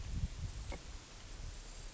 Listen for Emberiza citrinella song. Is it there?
no